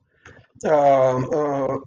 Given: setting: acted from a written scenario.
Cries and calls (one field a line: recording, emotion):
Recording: vocal sound without words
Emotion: guilt